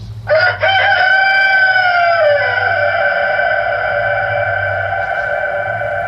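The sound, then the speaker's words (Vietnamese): A rooster that has flown out of the flock and perched on a man's shoulder lets out one long, loud crow, its harmonic-rich call rising sharply and then holding a strained, sustained note for several seconds before trailing off, with a low hum underneath. “Lão Trần đang định gọi mọi người tiến lên dàn trận, bỗng nhiên con gà trống nổ tình, bay vụt ra từ trong bầy gà, đậu ngay trên vai lão, nghền cổ gáy vàng.”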